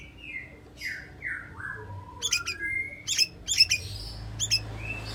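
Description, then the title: White-rumped shama song: slow falling whistles followed by a burst of sharp, high chipping notes and a few clear whistled phrases. "murai batu"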